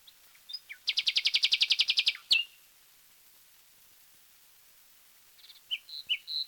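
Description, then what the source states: Common nightingale song: a few soft notes, a fast, loud rattle of many repeated notes, a sharp final note, a long pause, then whistled notes. From a 1936 disc of wild bird songs, side A.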